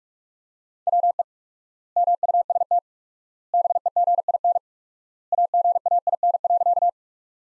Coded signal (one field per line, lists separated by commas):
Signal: Morse code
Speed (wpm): 46 wpm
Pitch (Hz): 700 Hz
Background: none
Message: WE MUST BEGIN AGAIN.